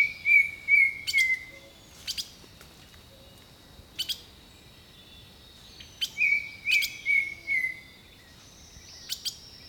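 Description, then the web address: Bird song: two groups of whistled notes, with sharp high clicks and chips between them and a constant high-pitched hum behind. Jungle birdsong. "Echoes of Nature - Jungle Talk 01 Jungle Birdsong"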